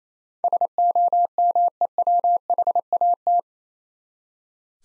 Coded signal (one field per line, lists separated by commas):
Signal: Morse code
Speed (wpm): 28 wpm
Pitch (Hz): 700 Hz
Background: none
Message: SOMEWHAT